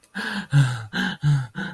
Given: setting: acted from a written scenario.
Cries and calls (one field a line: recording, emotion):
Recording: vocal sound without words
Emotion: fear